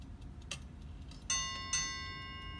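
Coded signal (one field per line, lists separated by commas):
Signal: ship's bell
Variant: Chelsea ship's bell clock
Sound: a clock tick, then two quick bell strikes ringing on with bright overtones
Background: clock ticking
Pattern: 2 strikes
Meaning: Two bells marks 9 o'clock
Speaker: that's a 9 o'clock the two bells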